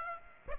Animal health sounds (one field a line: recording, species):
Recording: mosquito wingbeat signal from an infrared sensor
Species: Aedes aegypti